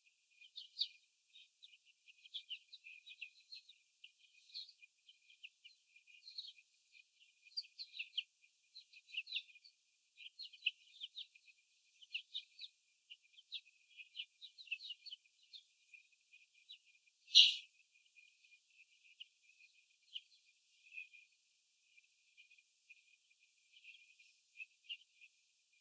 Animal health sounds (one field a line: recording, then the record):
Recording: young laying hens in a cage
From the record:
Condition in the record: after the stressor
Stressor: sudden umbrella opening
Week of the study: 3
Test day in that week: 2